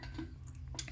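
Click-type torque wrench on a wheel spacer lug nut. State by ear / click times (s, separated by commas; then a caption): not seated / none. A click-type torque wrench tightens a lug nut on a 1 3/4 in wheel spacer on a Jeep Wrangler, brought up in steps to 135 so the screws and nuts aren't stressed and don't break. Over a steady low hum, a few faint ticks and scrapes come between 0.4 and 0.9 s, the strongest near 0.8 s. The wrench has not clicked on this nut.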